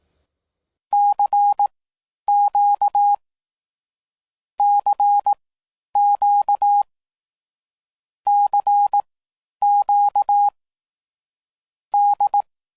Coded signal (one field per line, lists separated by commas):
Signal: Morse code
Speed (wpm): 18 wpm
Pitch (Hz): 820 Hz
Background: none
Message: CQ CQ CQ D